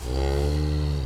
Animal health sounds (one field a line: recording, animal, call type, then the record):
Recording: contact call of a hoofed animal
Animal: cattle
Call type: low-frequency (closed-mouth) or high-frequency (open-mouth) call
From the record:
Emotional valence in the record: negative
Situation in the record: physical separation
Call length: 1.06 s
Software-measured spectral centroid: 2370 Hz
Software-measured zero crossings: 1000 a second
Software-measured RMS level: -24 dBFS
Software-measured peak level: -12 dBFS